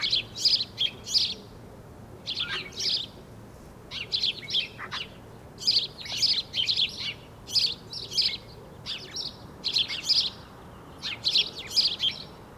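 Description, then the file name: House sparrow giving rapid, scratchy chirps in clustered groups. "Passer domesticus"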